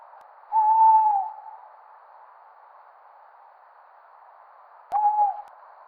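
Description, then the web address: Tawny owl hoots: two short, flat notes with a slight downward ending, separated by a long pause. "strix aluco call"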